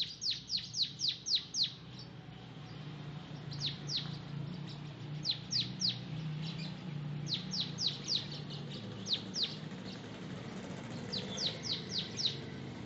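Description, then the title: Oriental magpie-robin song: clusters of quick, high, falling whistled notes repeated in bursts throughout, some fainter than others, over a steady low rumbling hum. "Kicau Kacer"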